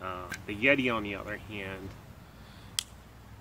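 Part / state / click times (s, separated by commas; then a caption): sliding tab on a plastic drink-through lid of a stainless steel tumbler / released / 2.8 s. Someone talks, then the sliding drink-through tab on the clear plastic lid of a stainless steel tumbler is pushed open and gives a sharp, satisfying click at 2.8 s. The click locks it in its open position so it won't fall back down.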